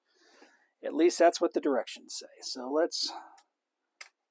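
Someone talks while using the small tool from the directions on the center arm of a Hot Toys Star Wars Chopper collectible robot figure. A single sharp click at 4.0 s marks the arm popping out of its socket in the figure's plastic body, releasing it.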